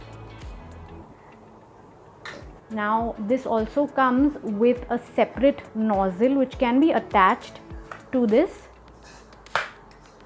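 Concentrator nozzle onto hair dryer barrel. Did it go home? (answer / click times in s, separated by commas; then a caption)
yes / 9.6 s. A separate plastic styling nozzle (concentrator) is pushed onto the front of the barrel of a Carrera compact hair dryer while someone talks. After the talking stops, one sharp click at 9.5 s marks the nozzle seating in place.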